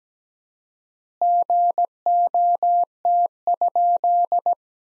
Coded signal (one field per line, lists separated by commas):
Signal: Morse code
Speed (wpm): 17 wpm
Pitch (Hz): 700 Hz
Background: none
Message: GOT?